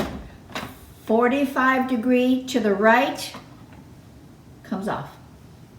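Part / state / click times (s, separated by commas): food processor lid onto work bowl / not seated / none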